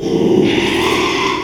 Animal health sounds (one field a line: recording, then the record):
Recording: squeal of a Yucatan mini pig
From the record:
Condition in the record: after surgery on the right vocal fold (resection and tissue-engineered implant)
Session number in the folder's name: 1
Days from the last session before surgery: 6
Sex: male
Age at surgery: 12 weeks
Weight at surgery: 13 kg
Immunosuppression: cyclosporine, prednisolone